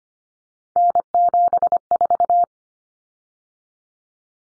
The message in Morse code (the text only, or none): N74